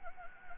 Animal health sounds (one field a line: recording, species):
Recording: mosquito wingbeat signal from an infrared sensor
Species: Anopheles gambiae